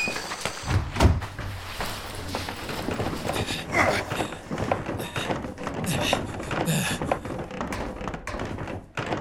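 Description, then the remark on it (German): A heavy door moves and shuts with a deep, solid thud about a second in, followed by ongoing clatter and muffled voices in the background. “Ich halte die Tür auf.”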